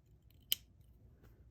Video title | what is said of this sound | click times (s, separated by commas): MCarbo trigger spring kit installation video for the SIG Sauer P365 | So I'll push this in. You should hear a click, just like that. | 0.5 s